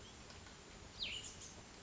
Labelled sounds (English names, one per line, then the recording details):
Cassin's Vireo
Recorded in Sonoma County, California